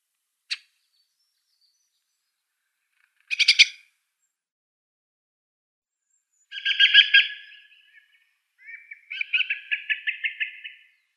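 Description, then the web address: Dusky thrush calls: a sharp single click, then a short rattling burst, followed by two longer harsh chattering phrases with rapid repeated pulses, separated by silent gaps. "Schulze Peter Dusky Thrush"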